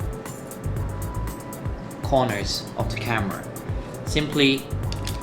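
A plastic strap mount is handled at one of the four corners of a Canon PowerShot D10 compact camera body, about to be inserted and twisted into place. Someone talks over background music, with a couple of brief ticks near the end. Nothing has seated or clicked yet.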